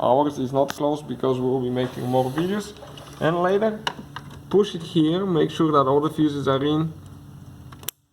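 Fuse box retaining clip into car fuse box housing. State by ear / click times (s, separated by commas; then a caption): seated / 7.9 s. Someone talks while working on the engine-bay fuse box of a BMW 3-Series (E90/E92/E93) during a MAF sensor fuse swap, pushing the fuses in. The plastic retaining clip is then pressed into the fuse box housing, with a couple of faint taps just before a sharp click at 7.9 s as it clicks shut. The clip is confirmed closed.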